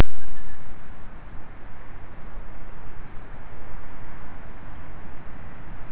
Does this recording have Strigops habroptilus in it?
no